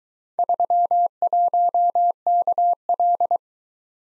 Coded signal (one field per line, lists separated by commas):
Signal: Morse code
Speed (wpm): 26 wpm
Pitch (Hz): 700 Hz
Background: none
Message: 31KL